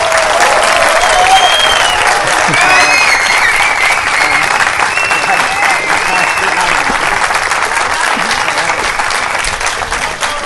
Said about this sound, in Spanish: Así que un aplauso para todos vosotros.